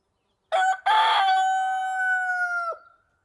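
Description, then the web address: Rooster crowing once, a loud, harsh two-part opening followed by a long, drawn-out, steady note that ends abruptly, with near silence around it. Countryside ambience recorded during the day. "sonniss gdc audio. amb countryside day rooster birds"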